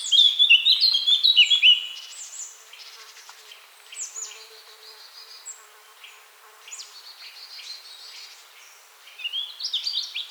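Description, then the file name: Eurasian blackcap song, a quick jumble of bright chattering notes at the start, fainter scratchy sounds through the middle, then another loud warbled burst at the end. "Sylvia atricapilla"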